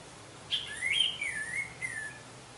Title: Anis Merah